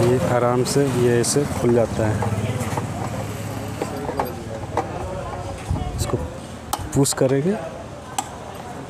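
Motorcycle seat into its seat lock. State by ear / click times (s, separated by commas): seated / 8.2 s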